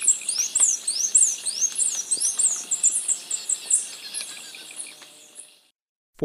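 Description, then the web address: Capped Conebill pouring out rapid, very high rising notes in a continuous stream that fades out, followed by silence and a brief click. Ecuador. "Natures Songs S America Birds of Ecuador Capped Conebill"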